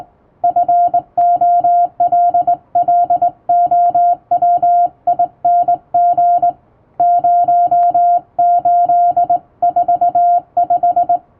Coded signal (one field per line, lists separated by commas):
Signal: Morse code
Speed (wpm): 21 wpm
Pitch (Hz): 700 Hz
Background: music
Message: FOLLOWING 0845